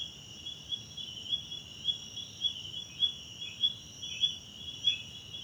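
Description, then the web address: Crickets give fairly regular high chirps over a steady high ringing chorus. South African crickets, background night ambience, recorded in a wetland park at Kosi Forest Lodge, South Africa. "Tonschliff - SOUTH AFRICAN CRICKETS BG South Africa Wetland Park Kosi Forest Lodge Night"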